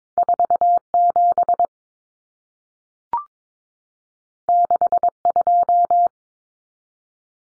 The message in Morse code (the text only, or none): 47 62